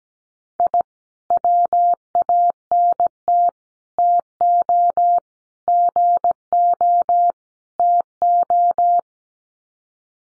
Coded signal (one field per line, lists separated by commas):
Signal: Morse code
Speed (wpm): 17 wpm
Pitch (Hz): 700 Hz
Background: none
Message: I WANT TO GO TO